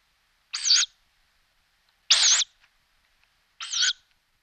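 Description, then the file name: Tawny owl giving harsh, sharp screeching calls, three short bursts spaced roughly one and a half seconds apart, with silence between them. "geluid bosuil"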